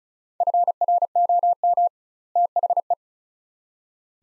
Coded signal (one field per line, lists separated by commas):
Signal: Morse code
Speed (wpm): 36 wpm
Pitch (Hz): 700 Hz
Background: none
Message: FROM THE